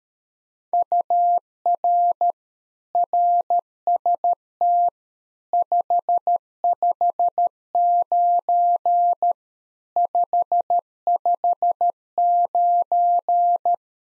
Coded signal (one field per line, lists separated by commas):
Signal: Morse code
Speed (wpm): 13 wpm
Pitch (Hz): 700 Hz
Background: none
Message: UR RST 559 559